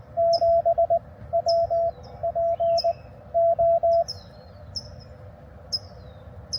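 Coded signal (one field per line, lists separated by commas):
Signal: Morse code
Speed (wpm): 16 wpm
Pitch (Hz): 660 Hz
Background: none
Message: 7 W P O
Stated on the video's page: Morse code from a park activation, US-3548 Rio de Los Angeles State Park.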